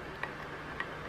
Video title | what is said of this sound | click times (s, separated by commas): Minolta Super A Rangefinder Camera | it to the right until it's locked into place and | 0.2 s, 0.8 s